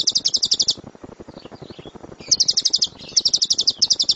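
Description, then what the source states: Lovebird song in quick high chattering bursts separated by a brief quieter gap with faint squeaky notes. Competition lovebird; kicau (chirping song).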